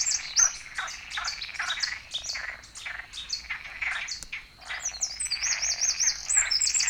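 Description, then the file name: Eurasian wren song with a run of dense rapid chattering notes, ending in a high rolling trill. "Troglodytes troglodytes"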